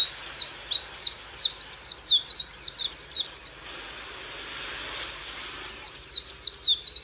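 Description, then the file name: White-eye twittering in fast series of high, falling whistled notes, pausing briefly around the middle before resuming. "Zosterops"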